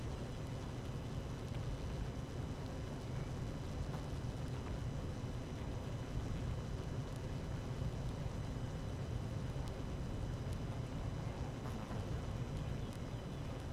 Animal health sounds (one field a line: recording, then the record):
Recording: honeybee colony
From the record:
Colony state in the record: active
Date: 12 June 2018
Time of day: 12:40